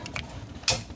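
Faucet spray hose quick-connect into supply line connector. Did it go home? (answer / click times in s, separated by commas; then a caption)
yes / 0.7 s. A pull-down faucet spray hose's quick-connect fitting is pushed onto the side port of the plastic supply-line connector under the sink. Two faint ticks at 0.1 and 0.2 s come before a sharp, louder click at 0.7 s as the fitting seats, and it holds securely when pulled against. No one speaks.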